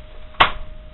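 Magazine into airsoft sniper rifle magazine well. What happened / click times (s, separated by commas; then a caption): The magazine clicked into place / 0.4 s. A magazine is inserted front lip first, lined up straight, into the magazine well of an A&K SVD airsoft sniper rifle and rocked in until it seats. A single sharp, solid click is heard at 0.4 s, standing out against otherwise quiet background. The magazine is seated and locked in place.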